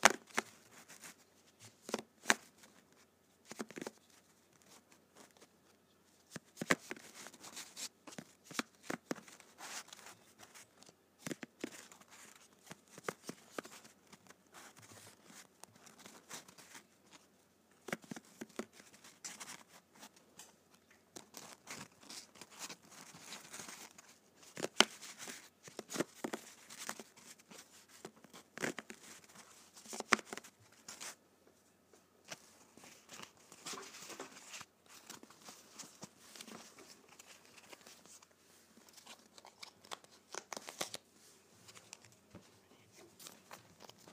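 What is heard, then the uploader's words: Playing cards being handled: dense bursts of crisp flicks and riffles alternate with quieter stretches of soft sliding and tapping. The sharp snaps come in rapid clusters, heaviest around 7–12 seconds and again near 25–31 seconds, with faint murmuring underneath. ASMR Playing Cards.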